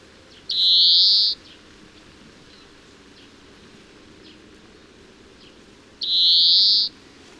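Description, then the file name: European greenfinch, two long buzzy 'dzweee' wheezes about five seconds apart, with a steady hiss behind. "Chloris chloris"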